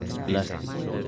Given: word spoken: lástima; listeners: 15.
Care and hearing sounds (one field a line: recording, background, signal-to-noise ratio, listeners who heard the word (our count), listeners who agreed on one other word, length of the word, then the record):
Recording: one Spanish word in noise, from a listening test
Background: eight-talker babble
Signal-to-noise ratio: 0.0 dB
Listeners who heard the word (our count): 0 of 15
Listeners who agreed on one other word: 9 of 15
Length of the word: 0.68 s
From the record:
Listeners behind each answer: 9, 2, 1, 1, 1, 1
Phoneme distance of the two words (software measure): 41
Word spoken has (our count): 3 syllables, 7 phonemes, stress on syllable 1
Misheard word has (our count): 2 syllables, 6 phonemes, stress on syllable 1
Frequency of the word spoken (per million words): 16.12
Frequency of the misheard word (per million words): 74.27